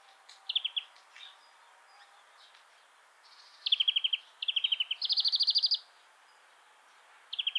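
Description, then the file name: European greenfinch singing short trills, then a longer sequence of quick repeated-note trills rising to a higher, brighter run. "Chloris chloris"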